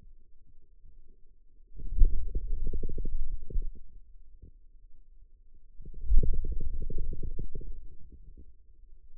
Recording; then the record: forearm muscle sounds (acoustic myography)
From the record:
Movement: hand closing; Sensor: system 2, bracelet of six BSWA MPA416 microphones around the upper forearm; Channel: 3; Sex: male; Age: 22 years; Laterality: right